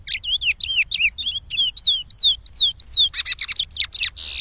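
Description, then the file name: Chestnut-bellied seed finch giving a rapid, varied whistled song of looping falling notes, closing in rougher chattering notes and a final harsh burst. "canto do curio"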